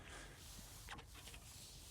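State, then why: Not seated. A metal quick link sits in place on a bicycle chain while the tyre and crank are held to put tension on the chain, just before the pedal is pushed to pop the link locked. Only a steady low rumble with a brief higher rustle around 0.9 s is heard, and the link has not clicked or seated yet. It later locks easily, without the usual snap.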